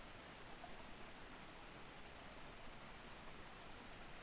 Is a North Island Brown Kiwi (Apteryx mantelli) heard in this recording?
no